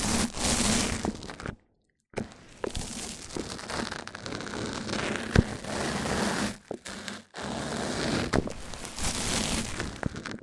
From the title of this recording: MIC ON MIC Triggers Richer Sounds